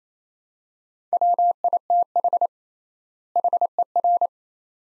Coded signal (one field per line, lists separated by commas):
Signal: Morse code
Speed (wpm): 28 wpm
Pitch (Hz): 700 Hz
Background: none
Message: WITH HER